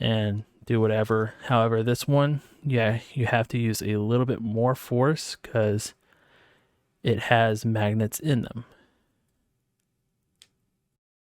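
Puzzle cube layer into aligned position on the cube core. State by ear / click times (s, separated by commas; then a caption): seated / 10.4 s. Someone talks while turning a layer of a plastic magnetic dbrand speed cube on its core with a little extra force. After the talk ends and a quiet pause, the magnets pull the layer into alignment with a single sharp tick at 10.4 s, and it snaps into place.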